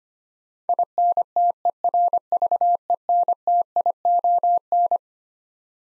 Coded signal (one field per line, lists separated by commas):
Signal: Morse code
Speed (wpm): 25 wpm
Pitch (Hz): 700 Hz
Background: none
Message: INTERVENTION